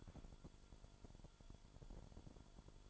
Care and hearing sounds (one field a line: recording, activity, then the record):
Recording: daily activity, microphone in the room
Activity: take from stove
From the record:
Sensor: 5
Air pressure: 1008.0 hPa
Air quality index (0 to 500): 109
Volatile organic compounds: 1 ppm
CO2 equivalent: 845 ppm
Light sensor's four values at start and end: 28/60/25/26 and 29/62/26/26